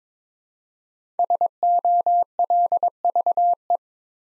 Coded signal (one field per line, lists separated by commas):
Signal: Morse code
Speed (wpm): 22 wpm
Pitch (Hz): 700 Hz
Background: none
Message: SOLVE